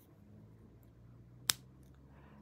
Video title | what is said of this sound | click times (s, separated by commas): FischerTechnik - Ep. 6: FischerTechnik Parts Feature: Connections and Fixtures | and they snap in place they clip in place and you can't turn them around | 1.5 s